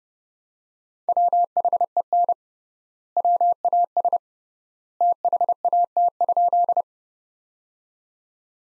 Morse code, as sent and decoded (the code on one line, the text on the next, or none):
.-- .... . -. / .-- .- ... / - .... .- - ..--..
WHEN WAS THAT?